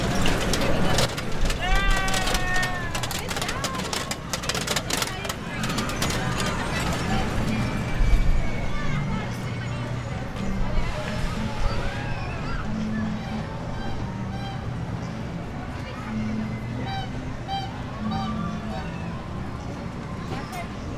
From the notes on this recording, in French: paysage sonore urbain